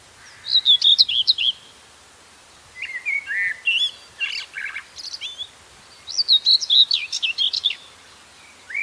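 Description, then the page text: Common whitethroat song, quick scratchy chattering phrases of harsh and clear notes repeated with short gaps, against faint hiss. "Common Whitethroat Song Tornsanger Sang. knut the bird nerd"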